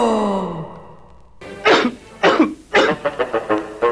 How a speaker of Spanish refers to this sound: Evito la tos con pastillas Penetro.